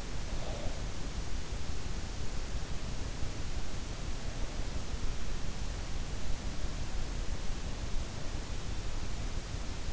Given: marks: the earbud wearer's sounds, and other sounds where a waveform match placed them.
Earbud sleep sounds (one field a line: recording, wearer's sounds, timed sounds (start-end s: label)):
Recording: sounds in sleep by an in-ear microphone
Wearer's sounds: breath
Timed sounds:
0.00-1.43 s: breath